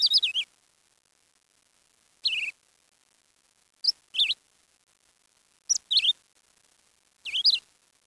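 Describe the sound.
Bird calling in bursts of sharp, wavering chirps every couple of seconds, each burst dropping in pitch; no other sounds.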